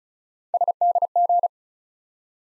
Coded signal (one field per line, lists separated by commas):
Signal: Morse code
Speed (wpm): 36 wpm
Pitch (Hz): 700 Hz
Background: none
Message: SDG